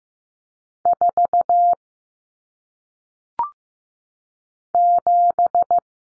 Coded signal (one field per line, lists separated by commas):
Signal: Morse code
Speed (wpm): 15 wpm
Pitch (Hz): 700 Hz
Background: none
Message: 4 7